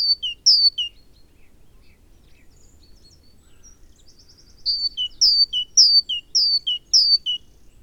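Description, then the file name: Great tit song: two quick high-low phrases, a stretch of faint scattered notes, then a run of several ringing two-note phrases. "Parus major"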